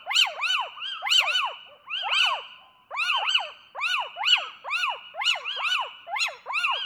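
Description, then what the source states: Little owl loud yelping calls: arched, rising-then-falling notes repeated about once a second in a steady, insistent series. A pair of little owls giving various loud calls while interacting with neighbours.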